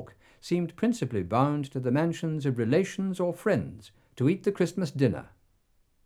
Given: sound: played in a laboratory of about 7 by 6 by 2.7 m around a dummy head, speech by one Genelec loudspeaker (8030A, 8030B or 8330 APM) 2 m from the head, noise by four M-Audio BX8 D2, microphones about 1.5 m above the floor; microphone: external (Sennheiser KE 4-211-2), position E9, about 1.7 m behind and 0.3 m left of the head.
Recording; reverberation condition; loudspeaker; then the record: male speech in English; low; behind (180 degrees)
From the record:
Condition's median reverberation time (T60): about 310 ms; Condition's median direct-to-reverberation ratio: about 3.5 dB